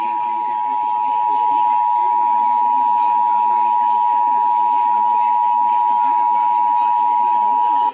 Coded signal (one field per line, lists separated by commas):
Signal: Emergency Alert System (SAME) tones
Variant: 853 and 960 Hz attention tone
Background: speech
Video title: EAS 5552-5584 Tests from 1/17/24-1/24/24